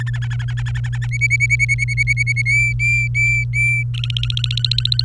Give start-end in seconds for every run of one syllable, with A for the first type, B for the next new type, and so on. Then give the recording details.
0.00-0.10 A, 0.14-1.07 B, 1.11-2.42 C, 2.46-3.83 D, 3.94-5.04 E. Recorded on 27 April 2018 at 17:56. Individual llb3